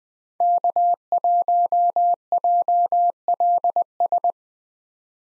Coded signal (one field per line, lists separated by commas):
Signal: Morse code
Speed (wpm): 20 wpm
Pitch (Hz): 700 Hz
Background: none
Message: K1JLS